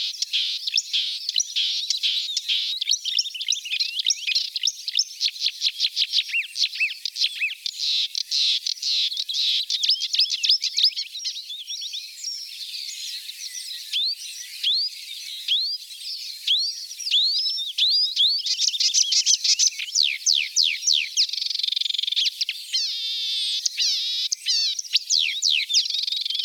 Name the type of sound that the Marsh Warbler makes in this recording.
song